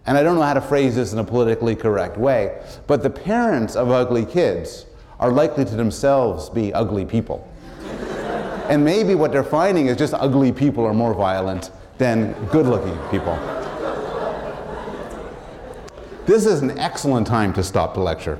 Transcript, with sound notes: and I don’t know how to phrase this in a politically correct way, but the parents of ugly kids are likely to themselves be ugly people [laughter] and maybe what they’re finding is just ugly people are more violent than good-looking people. [laughter] This is an excellent time to stop the lecture